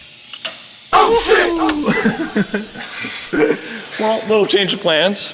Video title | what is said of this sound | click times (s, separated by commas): Evo 8 Stroker Motor Install - Part 2 Unleashes Surprises!" | want to hear the click of the throw bearing walk in | 0.3 s, 0.4 s